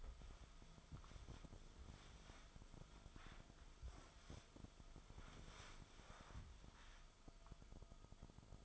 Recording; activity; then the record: daily activity, microphone in the room; wipe stove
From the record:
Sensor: 5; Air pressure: 1004.9 hPa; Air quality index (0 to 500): 100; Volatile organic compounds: 2 ppm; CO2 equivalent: 1216 ppm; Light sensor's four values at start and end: 33/74/31/31 and 33/75/31/31